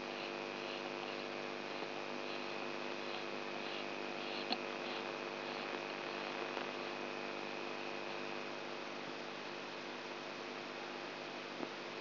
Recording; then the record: brain microelectrode recording played as sound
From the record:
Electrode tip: outside the subthalamic nucleus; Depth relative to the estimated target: 4 mm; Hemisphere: right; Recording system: AlphaMap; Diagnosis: Parkinson's disease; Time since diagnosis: 20 years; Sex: female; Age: 64 years